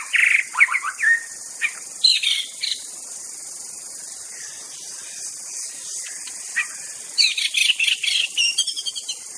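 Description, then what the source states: White-rumped shama song: short bursts of sharp scratchy notes and squeaks at start and end, a quiet gap between, with steady high insect buzzing throughout. Wild bird from forest.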